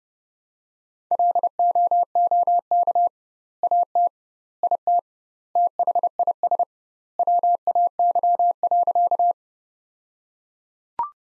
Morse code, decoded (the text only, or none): LOOK AT IT THIS WAY.